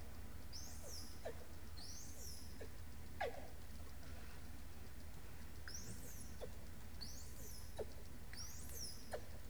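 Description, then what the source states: Dolphin whistles: several high arching notes that rise and then fall, with sharp scattered clicks between them over steady low background noise. Dolphin named Delle; underwater listening equipment placed in the Baltic Sea.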